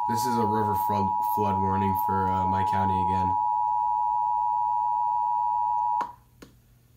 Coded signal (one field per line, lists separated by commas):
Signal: Emergency Alert System (SAME) tones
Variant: 853 and 960 Hz attention tone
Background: speech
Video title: EAS #159 River Flood Warning For My County